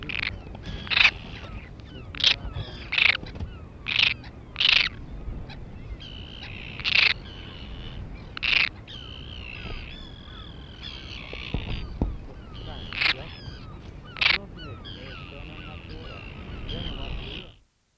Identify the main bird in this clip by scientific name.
Sterna paradisaea